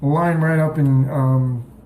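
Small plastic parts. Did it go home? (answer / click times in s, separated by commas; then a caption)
no / none. Two hollow plastic ball halves are handled with their rims lined up to be pressed together while someone talks throughout. Nothing has seated or clicked yet; the halves are not home by the end of the clip.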